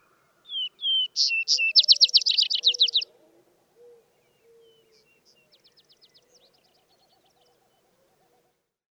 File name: Vesper Sparrow